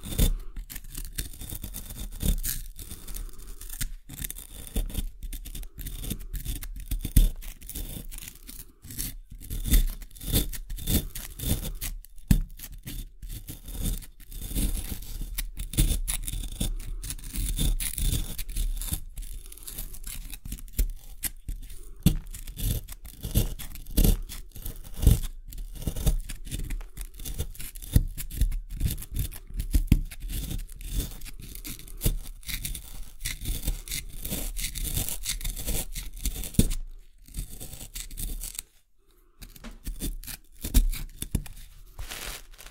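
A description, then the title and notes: Scraping and brushing from an excavation kit, a steady run of gritty, rasping strokes that rarely pause. The scratching is dense and fairly bright, with short breaks now and then, and a near-silent gap around 38 seconds before the scraping resumes. Sounds maked with an excavation kit, like archaeological excavation.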